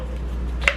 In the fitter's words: clicks right in there